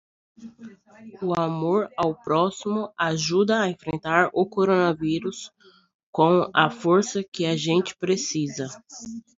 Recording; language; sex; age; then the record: spoken sentence; Brazilian Portuguese; female; 20 to 29 years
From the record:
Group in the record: control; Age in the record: 24 years